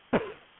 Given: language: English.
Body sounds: throat vibration sensor signal played as sound; cough

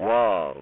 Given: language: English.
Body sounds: throat vibration sensor signal played as sound; speech

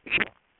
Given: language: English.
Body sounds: throat vibration sensor signal played as sound; swallow

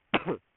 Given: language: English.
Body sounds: throat vibration sensor signal played as sound; cough

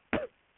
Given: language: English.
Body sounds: throat vibration sensor signal played as sound; cough

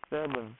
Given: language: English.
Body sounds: throat vibration sensor signal played as sound; speech

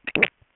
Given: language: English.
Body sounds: throat vibration sensor signal played as sound; swallow

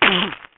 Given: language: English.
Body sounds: throat vibration sensor signal played as sound; cough

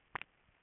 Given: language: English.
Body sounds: throat vibration sensor signal played as sound; swallow

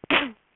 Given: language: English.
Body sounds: throat vibration sensor signal played as sound; cough

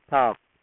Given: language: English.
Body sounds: throat vibration sensor signal played as sound; speech

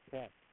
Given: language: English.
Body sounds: throat vibration sensor signal played as sound; speech

